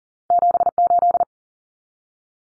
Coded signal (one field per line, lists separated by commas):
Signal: Morse code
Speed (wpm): 40 wpm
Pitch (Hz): 700 Hz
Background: none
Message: 78